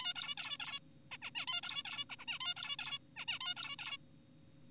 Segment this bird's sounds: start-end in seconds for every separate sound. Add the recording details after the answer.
0.00-0.14, 0.16-0.35, 0.38-0.57, 0.60-0.80, 1.11-1.18, 1.22-1.31, 1.35-1.46, 1.48-1.61, 1.63-1.83, 1.85-2.05, 2.10-2.16, 2.19-2.25, 2.28-2.39, 2.41-2.54, 2.57-2.76, 2.79-2.99, 3.17-3.25, 3.28-3.39, 3.41-3.54, 3.57-3.76, 3.79-3.97. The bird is an adult. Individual g4p5U